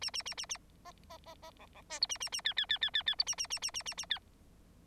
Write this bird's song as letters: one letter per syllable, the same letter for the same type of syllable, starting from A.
A A A A A B B B B C C D E A A A F F F F F F E A A A A A A A F